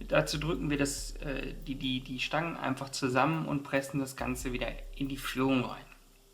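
Someone talks while the two lid hinge rods of a Senseo coffee machine are squeezed together and pressed into their guide on the brewing head. Nothing has clicked or seated yet by the end of the clip.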